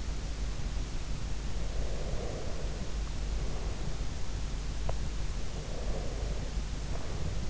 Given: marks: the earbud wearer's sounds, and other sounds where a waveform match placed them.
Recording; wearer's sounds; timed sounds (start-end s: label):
sounds in sleep by an in-ear microphone; breath
1.72-4.03 s: breath
4.84-5.06 s: sound from someone else or the room
5.52-7.49 s: breath